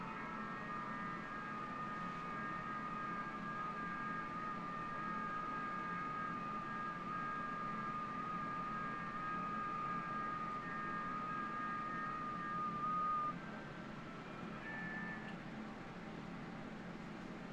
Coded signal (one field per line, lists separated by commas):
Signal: FT8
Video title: FT8 QRP 20 and 40 meters #hamradio #ft8